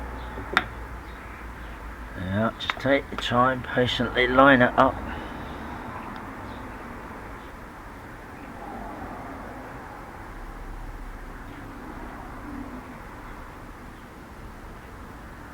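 A metal internal gearbox component is being lined up, red dot toward an arrowhead, into the casing of a BSA C12 motorcycle gearbox during reassembly for an oil leak fix. A sharp tap sounds at 0.6 s, someone talks from about 2.3 to 5 s, and then only a low steady background hum remains. Nothing has seated or clicked into place yet.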